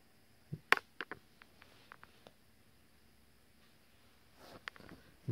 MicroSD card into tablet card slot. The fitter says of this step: should push it in you should hear a clicking noise